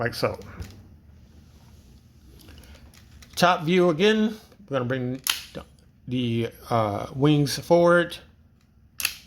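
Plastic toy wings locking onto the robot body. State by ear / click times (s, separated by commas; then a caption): seated / 9.0 s. Someone talks while bringing the plastic wings of a Tobot Galaxy Detectives Season 3 Jet Thunder transforming jet robot toy forward onto the robot body. Soft handling taps are followed by one sharp click at 9.0 s as the wings lock into place.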